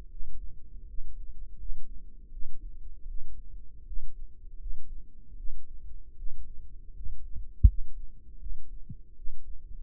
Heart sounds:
heart sounds by microphone in the right ear; 79 bpm
0.09 s: heartbeat
0.86 s: heartbeat
1.57 s: heartbeat
2.30 s: heartbeat
3.07 s: heartbeat
3.84 s: heartbeat
4.58 s: heartbeat
5.36 s: heartbeat
6.16 s: heartbeat
6.94 s: heartbeat
7.66 s: heartbeat
8.38 s: heartbeat
9.15 s: heartbeat
From the record:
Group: healthy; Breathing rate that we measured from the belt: 19 breaths a minute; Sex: female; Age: 22 years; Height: 163 cm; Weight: 67.1 kg

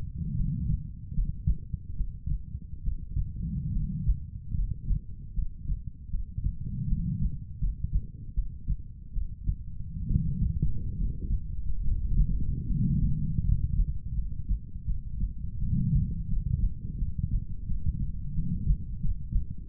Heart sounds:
heart sounds by stethoscope; 78 bpm
0.35 s: heartbeat
1.13 s: heartbeat
1.95 s: heartbeat
2.82 s: heartbeat
3.71 s: heartbeat
4.54 s: heartbeat
5.33 s: heartbeat
6.09 s: heartbeat
6.86 s: heartbeat
7.59 s: heartbeat
8.33 s: heartbeat
9.12 s: heartbeat
10.06 s: heartbeat
10.96 s: heartbeat
11.82 s: heartbeat
12.66 s: heartbeat
13.42 s: heartbeat
14.13 s: heartbeat
14.85 s: heartbeat
15.58 s: heartbeat
16.28 s: heartbeat
16.97 s: heartbeat
17.66 s: heartbeat
18.33 s: heartbeat
19.00 s: heartbeat
19.65 s: heartbeat
From the record:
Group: healthy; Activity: cold pressor test 0-9 s, rest 9-20 s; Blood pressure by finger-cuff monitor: 124/72 mmHg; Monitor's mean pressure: 91 mmHg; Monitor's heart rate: 76 bpm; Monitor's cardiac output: 6.9 L/min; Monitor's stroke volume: 91 mL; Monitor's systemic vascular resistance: 970 dyn s/cm5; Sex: female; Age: 23 years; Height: 160 cm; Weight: 50.4 kg

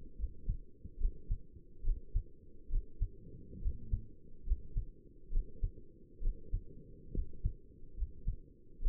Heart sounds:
heart sounds by stethoscope; 70 bpm
0.19 s: heartbeat
1.00 s: heartbeat
1.85 s: heartbeat
2.71 s: heartbeat
3.62 s: heartbeat
4.46 s: heartbeat
5.32 s: heartbeat
6.22 s: heartbeat
7.14 s: heartbeat
7.97 s: heartbeat
8.82 s: heartbeat
From the record:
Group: healthy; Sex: male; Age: 22 years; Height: 181 cm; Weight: 79 kg

